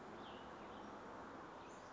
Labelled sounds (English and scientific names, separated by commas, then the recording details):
Cassin's Vireo (Vireo cassinii)
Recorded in Sonoma County, California